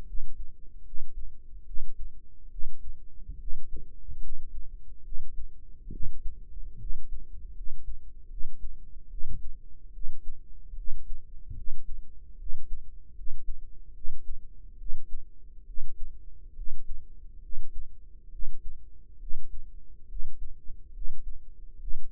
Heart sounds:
heart sounds by microphone in the right ear; 72 bpm
0.05 s: heartbeat
0.83 s: heartbeat
1.64 s: heartbeat
2.49 s: heartbeat
3.38 s: heartbeat
4.19 s: heartbeat
5.02 s: heartbeat
5.90 s: heartbeat
6.77 s: heartbeat
7.53 s: heartbeat
8.28 s: heartbeat
9.08 s: heartbeat
9.91 s: heartbeat
10.74 s: heartbeat
11.54 s: heartbeat
12.36 s: heartbeat
13.13 s: heartbeat
13.92 s: heartbeat
14.76 s: heartbeat
15.64 s: heartbeat
16.53 s: heartbeat
17.40 s: heartbeat
18.29 s: heartbeat
19.18 s: heartbeat
20.06 s: heartbeat
20.92 s: heartbeat
21.78 s: heartbeat
From the record:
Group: healthy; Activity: rest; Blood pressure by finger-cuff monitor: 119/79 mmHg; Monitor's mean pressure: 92 mmHg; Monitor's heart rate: 71 bpm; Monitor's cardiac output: 5.4 L/min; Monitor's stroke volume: 77 mL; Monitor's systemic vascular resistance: 1250 dyn s/cm5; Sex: female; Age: 22 years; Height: 160 cm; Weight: 45 kg

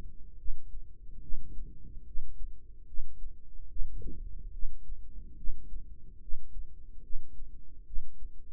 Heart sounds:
heart sounds by microphone in the right ear; 72 bpm
0.38 s: heartbeat
1.22 s: heartbeat
2.06 s: heartbeat
2.87 s: heartbeat
3.69 s: heartbeat
4.53 s: heartbeat
5.37 s: heartbeat
6.21 s: heartbeat
7.03 s: heartbeat
7.86 s: heartbeat
From the record:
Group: healthy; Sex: male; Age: 55 years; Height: 167 cm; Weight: 57.2 kg

